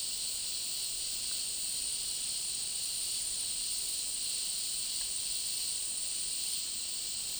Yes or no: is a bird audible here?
no